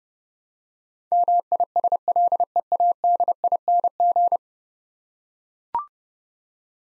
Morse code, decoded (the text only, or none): MISLEADING